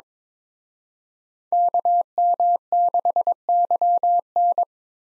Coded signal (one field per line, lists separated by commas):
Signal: Morse code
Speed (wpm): 26 wpm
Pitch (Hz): 700 Hz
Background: none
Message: KM6YN